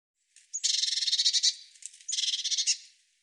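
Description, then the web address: Bird song: one long, grating trill of fast pulses, then a brief pause and a second shorter buzzy trill, with nothing else audible. "Deverinetal"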